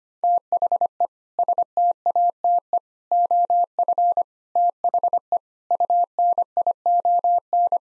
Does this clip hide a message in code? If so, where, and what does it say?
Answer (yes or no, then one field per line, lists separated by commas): yes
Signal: Morse code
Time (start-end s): 0.2-7.8 s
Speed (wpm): 25 wpm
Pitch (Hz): 700 Hz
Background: none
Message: THE STATE OF THE UNION